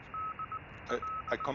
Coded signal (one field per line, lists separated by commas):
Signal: Morse code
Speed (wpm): 19 wpm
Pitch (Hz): 1290 Hz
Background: none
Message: DL